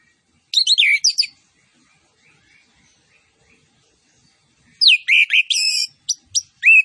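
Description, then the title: Orange-headed thrush: two dense bursts of high, jumbled whistles and chips separated by a few seconds of quiet. Song with full fill-in phrases and cililin-style bursts, used for training. "Anis Kembang Gacor. MASTERAN ANIS KEMBANG ISIAN FULL DENGAN TEMBAKAN CILILIN"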